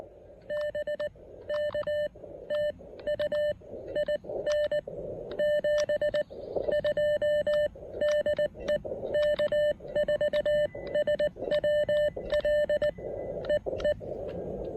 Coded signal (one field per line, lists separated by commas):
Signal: Morse code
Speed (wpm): 19 wpm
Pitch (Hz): 1800 Hz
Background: none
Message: BK TU IN 72 DE K4SWL EE